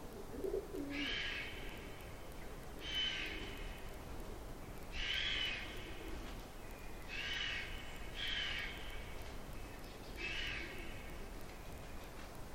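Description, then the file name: Vulture calls: six rasping, hoarse squeals spaced roughly every two seconds, each a short harsh burst. Recorded at Lumbier, Spain, on 18 September 2004. "040918 Lumbier gieren"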